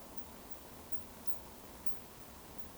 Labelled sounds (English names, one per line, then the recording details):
Eurasian Woodcock whistle
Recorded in Baden-Württemberg, Germany, on 11 June 2020 at 20:38 UTC
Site 14569, 102 m above sea level